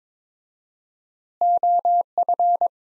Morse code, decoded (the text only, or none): OF